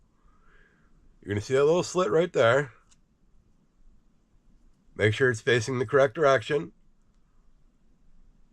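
A microSD memory card is lined up and turned to face the correct direction at the card slot of a GoPro action camera, before it is pushed in. Someone talks in two bursts with quiet pauses between. Nothing has seated or clicked yet.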